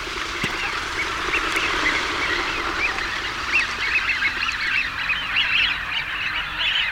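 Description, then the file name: Eurasian wigeon whistles from a flock, many notes overlapping continuously over a steady hiss. Male. "sviyaz golos samca"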